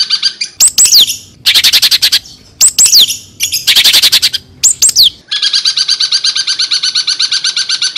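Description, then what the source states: Long-tailed shrike song: grating bursts alternating with quick falling whistled slurs, giving way to a sustained rapid chatter of harsh repeated notes. Long-tailed shrike singing in the "Kuntilanak" song style.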